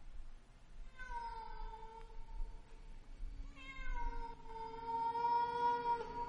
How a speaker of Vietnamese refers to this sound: Chị Xính nhặt lấy viên đá đang định ném thì có tiếng con mèo văng vẳng kêu lên, nghe đến giật mình lạnh người.